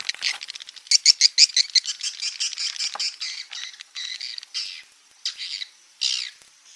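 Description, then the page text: Swiftlet chirping calls: a fast run of harsh, buzzy chirps that slow into scattered twittering bursts. Roosting ('inap') lure call played to attract swiftlets to swiftlet houses; call style named 'INAP BJA'. "Suara Burung Walet sufar sinar 77 Suara Panggil, Suara Inap Dan Tarik. INAP BJA"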